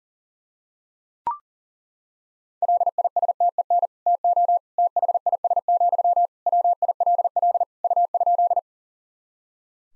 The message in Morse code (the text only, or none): LISTEN TO THIS, WILL U?